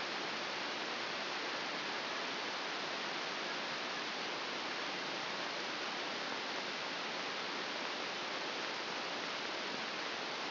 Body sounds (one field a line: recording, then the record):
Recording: brain microelectrode recording played as sound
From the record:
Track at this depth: outside the subthalamic nucleus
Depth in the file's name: 5.601 mm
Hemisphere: right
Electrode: 2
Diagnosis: Parkinson's disease